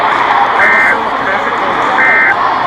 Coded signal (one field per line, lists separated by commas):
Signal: Emergency Alert System (SAME) tones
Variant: end-of-message bursts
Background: speech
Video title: EAS #347-349 - Required Weekly Tests